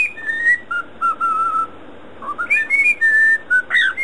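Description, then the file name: Cockatiel whistling a short tune of clear notes stepping up and down in pitch, with a brief pause and a few rising upslurs near the end. "siulan cockatiel"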